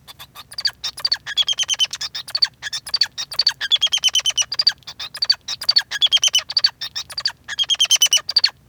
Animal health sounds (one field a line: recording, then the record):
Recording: song of a male Bengalese finch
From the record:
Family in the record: son of father 2